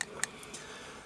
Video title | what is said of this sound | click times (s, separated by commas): KSGER All In One Digital High-End Rework Station STM32/T12 Review | one locks into place like i say by twisting so i have to twist it back before | 0.0 s, 0.2 s